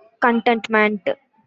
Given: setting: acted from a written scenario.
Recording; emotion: vocal sound without words; contentment